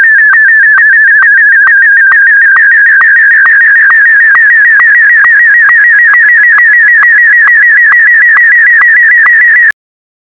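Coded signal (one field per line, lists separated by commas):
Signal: SSTV (slow-scan television)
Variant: Martin M1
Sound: warbling whistle-like tone with a short low click about twice a second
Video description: A secret end of year message for my fellow nerds. #sstv #martin-m1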